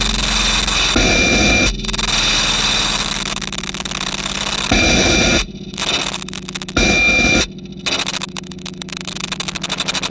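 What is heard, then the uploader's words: Buzzing electronic tones and rattling feedback hum steadily, broken by three thick low bursts and sharp dropouts to silence around six and seven seconds. Film tins filled with objects including nails, tacks, ball bearings and other miscellaneous objects. The film tins were then equipped with piezo microphones plugged into amps then placed atop upward facing speakers. Evolving frequencies were then mixed into the speakers in order to vibrate and stimulate the film tins and their contents at varying intensities.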